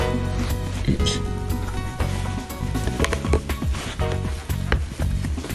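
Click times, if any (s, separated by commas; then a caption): 4.7 s. A Google Pixel 6 Pro smartphone is pressed into a thick protective case until the case edges snap over the phone, with music playing in the background. Several short clicks and taps occur around 3.0–3.3 s, and a sharp snap at 4.7 s marks the phone clicking into place, seated in the case.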